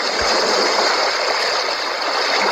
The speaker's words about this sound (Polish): To jest taki szum ciągły, tak jak szum morza, albo szum lasu, taki intensywny.